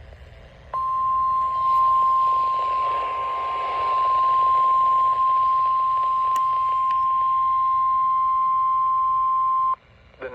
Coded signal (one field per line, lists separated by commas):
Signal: Emergency Alert System (SAME) tones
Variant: 1050 Hz attention tone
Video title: Tornado Warning! EAS #456